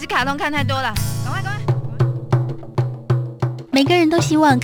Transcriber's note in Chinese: fade out